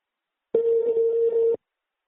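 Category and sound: signal or alarm, telephone line tone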